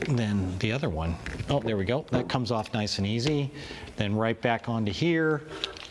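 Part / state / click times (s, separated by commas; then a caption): action camera quick release adapter into its mount base / not seated / none. Someone talks while handling an action camera quick-release adapter, which comes off its plastic quick-release mount base and is then brought back toward the base. Nothing has seated or clicked into the mount yet by the end of the clip.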